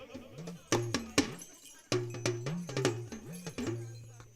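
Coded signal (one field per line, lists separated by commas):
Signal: talking drum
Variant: Yoruba dùndún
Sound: resonant low drum strokes whose pitch glides up and down like speech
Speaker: i'm just going to my talking drums speaks europa y'all know so i'm just going to say three proverbs in uruba on my talking drum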